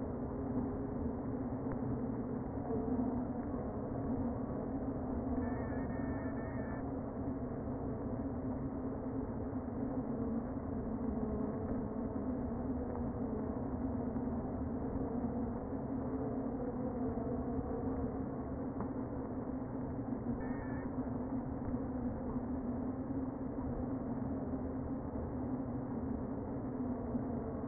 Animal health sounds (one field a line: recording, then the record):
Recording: honeybee colony, microphone inside the hive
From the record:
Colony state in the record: queen present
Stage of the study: before two queens were removed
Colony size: about 60,000 bees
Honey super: yes